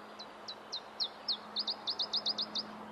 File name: iberischer zilpzalp